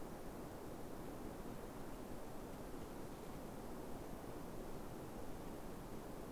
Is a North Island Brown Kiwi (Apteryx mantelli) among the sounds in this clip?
no